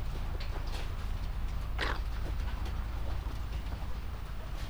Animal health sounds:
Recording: poultry house recording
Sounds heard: sick chickens (respiratory disease)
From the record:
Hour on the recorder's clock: 19

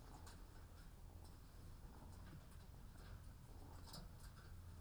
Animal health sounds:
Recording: poultry house recording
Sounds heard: sick chickens (respiratory disease)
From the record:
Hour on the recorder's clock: 13

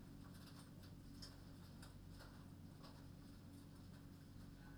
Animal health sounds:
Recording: poultry house recording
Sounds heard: no chicken sound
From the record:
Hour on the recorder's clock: 23

